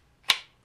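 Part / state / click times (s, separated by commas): fixed-blade knife into kydex sheath / seated / 0.3 s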